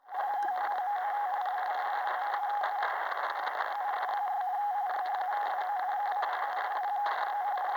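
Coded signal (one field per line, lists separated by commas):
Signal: RTTY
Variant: DDH47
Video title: Quick decoding DDH47 from 27. July 18:00 UTC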